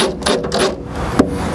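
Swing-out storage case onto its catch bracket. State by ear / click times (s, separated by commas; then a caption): not seated / none. A swing-out storage case is handled toward its catch bracket beside the vehicle tub, with rubbing and scraping sounds and short knocks around 0.3, 0.6 and 1.2 seconds. The case is not yet home, and nothing has seated or clicked yet.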